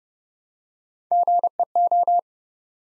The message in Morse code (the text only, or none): GEO